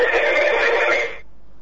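Television audio playing in the background of a caller's phone line during a live call-in broadcast, a loud, bright, steady burst of sound lasting just over a second before cutting off abruptly to a faint hiss. No one speaks.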